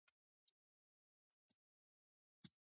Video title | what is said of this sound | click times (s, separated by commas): How to Replace Keyboard on Asus ProArtStudioBook H500GV - Laptop Keyboard Repair Guide | And we're going to twist and we're going to hear those click sound. That's what you want to hear. | 0.1 s